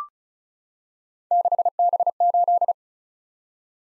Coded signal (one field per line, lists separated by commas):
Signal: Morse code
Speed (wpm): 36 wpm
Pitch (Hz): 700 Hz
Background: none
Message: 6B8